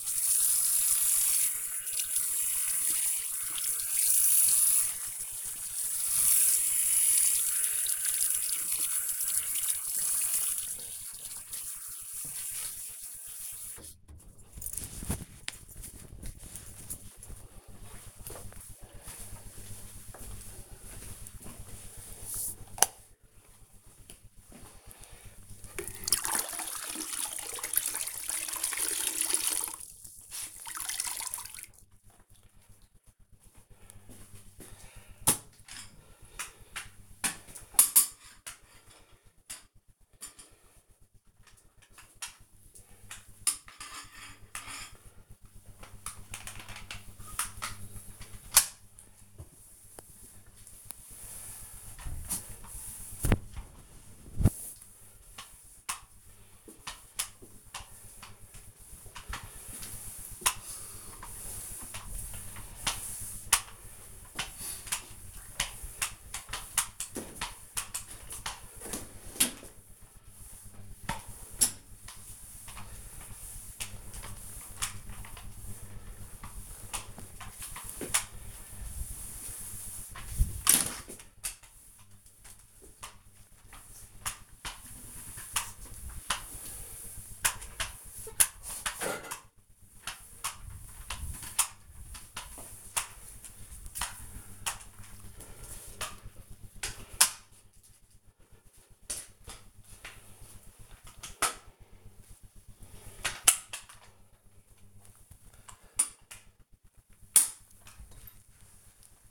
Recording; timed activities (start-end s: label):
household activities, microphone on the right wrist
0.00-13.74 s: washing hands
26.82-95.38 s: floor cleaning